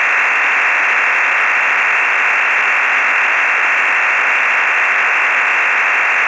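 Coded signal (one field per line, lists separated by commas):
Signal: digital SSTV (DRM)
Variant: EasyPal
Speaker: k 3f MLT full resolve at 10 DB here okay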